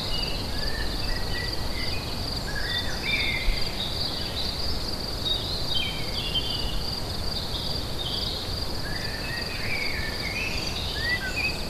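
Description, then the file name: Crickets keep up an unbroken high trill, with a bird adding bursts of twittering and whistled song over a constant low rumble. Crickets recorded together with birds at Lacoux on 22 May 2016, recorded with an MZ-N710. "Grillons et oiseaux Lacoux 22 05 16"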